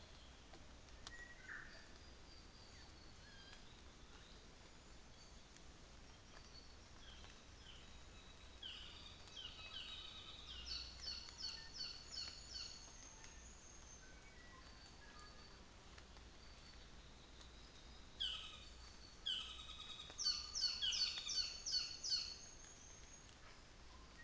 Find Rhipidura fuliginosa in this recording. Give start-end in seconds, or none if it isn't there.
12.04-14.32